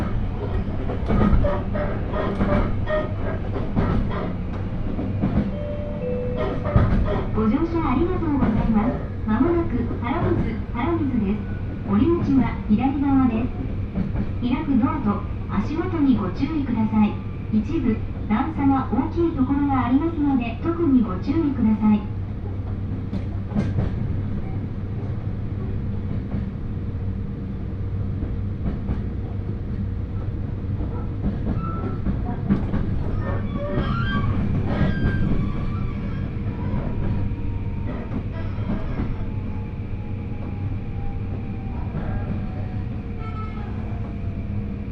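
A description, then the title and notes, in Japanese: Inside a moving local train, a steady low rumble of wheels and motor runs throughout. From about seven to twenty-two seconds a voice announcement with rising and falling tones plays over it, and near thirty-five seconds a brief clatter and whine pass. 新水前寺から豊肥本線に乗って肥後大津まで移動します。なかなかの山道を登っていくのですが、821系車両はいとも簡単に進んでいきます。単線区間ではありますが、利用客が多いのでしょっちゅう行き違いをしながら肥後大津に到着します。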